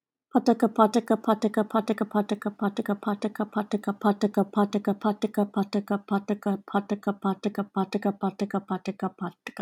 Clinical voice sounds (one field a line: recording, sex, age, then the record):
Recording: repeated syllables /pa ta ka/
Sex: female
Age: 20 to 29 years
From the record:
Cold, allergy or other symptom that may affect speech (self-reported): no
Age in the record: 27 years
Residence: California, United States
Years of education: 18